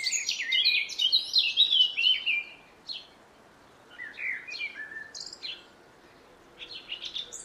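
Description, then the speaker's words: Eurasian blackcap song: bright, quick warbled phrases of high whistled notes, broken by short silences, then resuming in brief bursts. Song described as a full, sweet, deep, loud and wild pipe. "Although the great 18th century naturalist Gilbert White was a little charring in describing the blackcap's song as merely a full, sweet, deep, loud and wild pipe, I would disagree."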